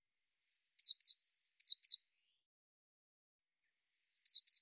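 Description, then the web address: Eurasian blue tit calls: a rapid phrase of high, flat whistles and dropping slurred notes, then after about two seconds of silence the start of another phrase, cut off at the end, with nothing else heard. "cianscape birddata Deverinetal 2025 File cleaned normalized Bird Cy Ca"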